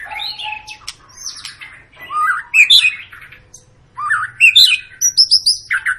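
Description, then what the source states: White-rumped shama song of loud whistled swoops and bright chirps, closing with a quick series of repeated high notes. Long, lively lure song of a white-rumped shama, used to prompt other birds to sing.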